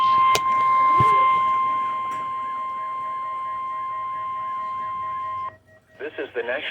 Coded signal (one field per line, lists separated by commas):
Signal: Emergency Alert System (SAME) tones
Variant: 1050 Hz attention tone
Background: speech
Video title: EAS/NWR Alert or message #958-959: Required Weekly Test #9